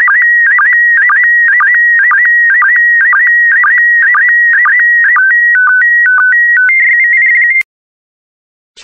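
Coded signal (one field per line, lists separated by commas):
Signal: SSTV (slow-scan television)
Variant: PD120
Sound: steady whistle with rhythmic chirping dips, then stepped beeping tones, then silence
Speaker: complete. You can now check your decoded image against the picture that is shown on the video.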